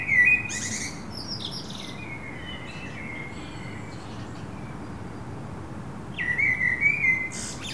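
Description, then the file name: Common blackbird gives a short warbled phrase with a squeaky ending and some quieter notes, a pause, then another fluted phrase and twitter. "Turdus merula"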